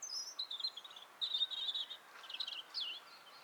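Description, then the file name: European robin song: a run of high, thin warbled phrases, trills and quick pitch slides, each note changing rapidly, with short pauses between phrases. "Erithacus rubecula"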